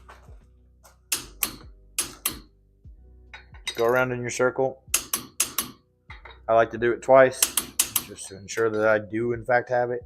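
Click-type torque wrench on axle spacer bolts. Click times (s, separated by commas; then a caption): 1.1 s, 2.0 s. A click-type torque wrench is pushed down on the rear axle spacer bolts of an F150 during a rear axle seal job, torquing them to 110. Sharp metallic clicks ring out at 1.1 and 2.0 seconds as bolts reach the setting, with more clicks following between stretches where someone talks.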